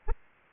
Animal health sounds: mosquito wingbeat signal from an infrared sensor; Aedes albopictus

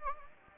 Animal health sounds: mosquito wingbeat signal from an infrared sensor; Anopheles gambiae

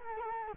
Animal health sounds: mosquito wingbeat signal from an infrared sensor; Culex quinquefasciatus

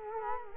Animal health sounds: mosquito wingbeat signal from an infrared sensor; Culex quinquefasciatus

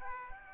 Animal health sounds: mosquito wingbeat signal from an infrared sensor; Aedes aegypti

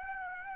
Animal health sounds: mosquito wingbeat signal from an infrared sensor; Aedes aegypti

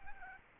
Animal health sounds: mosquito wingbeat signal from an infrared sensor; Aedes albopictus

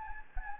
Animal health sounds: mosquito wingbeat signal from an infrared sensor; Anopheles gambiae

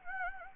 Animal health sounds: mosquito wingbeat signal from an infrared sensor; Anopheles gambiae

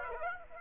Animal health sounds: mosquito wingbeat signal from an infrared sensor; Aedes aegypti

